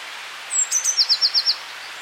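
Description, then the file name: Eurasian blue tit with one short phrase: a high thin note, then a fast run of about six bright, repeated trill notes. "Cyanistes caeruleus"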